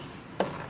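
An LED headlight bulb is lined up by feel on its grooves in a tight spot and pushed into a car headlight housing. A single sharp, short hit sounds at 0.4 seconds as it slides home and seats.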